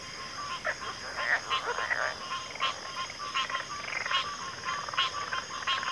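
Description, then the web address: Crickets trilling steadily in a high unbroken band while clustered croaking, clicking calls come in uneven bursts. Cricket chorus in a backwater. "WLL Grade 1-12 Pre-Uni Library Enter Natures Songs Sleep Sounds of Nature CRICKETS 03 Backwater Chorus"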